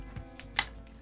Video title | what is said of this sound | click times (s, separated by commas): Hackboard - Small...Budget-Friendly Windows 10 Board - Raspberry Pi Alternative (Tech Review) | alright, that's locked into place and we're good to go. | 0.6 s